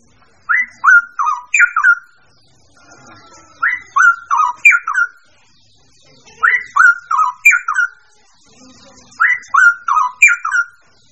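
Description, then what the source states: Birds singing: a repeated phrase of four or five clear downward-sliding whistles, heard four times at roughly three-second intervals, with faint twittering between phrases. Mixed birds.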